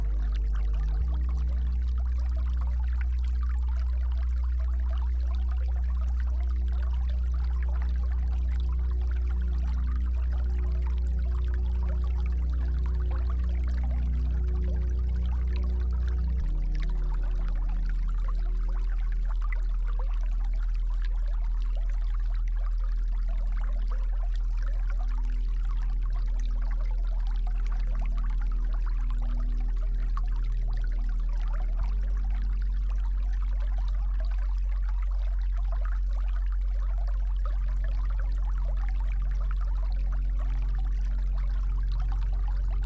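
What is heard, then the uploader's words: Water flows in a steady, dense trickle over deep, sustained low music notes that shift to new pitches around every fifteen seconds. RelaxingWater Flow Sound With Deep Relaxing Music - Nature Sounds.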